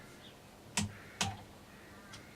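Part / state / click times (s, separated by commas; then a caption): click-type torque wrench on a brake caliper bolt of a mountain bike / torque reached / 0.8 s, 1.2 s. A click-type torque wrench is tightened on the metal caliper bolt of a mountain bike's brake as part of a brake bolt torque check on the second bolt. Two sharp clicks are heard at 0.8 s and 1.2 s, with a faint tick near 2.1 s. The wrench has clicked, confirming the bolt is at torque.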